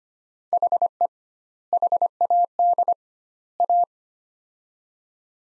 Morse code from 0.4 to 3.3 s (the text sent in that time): HE HAD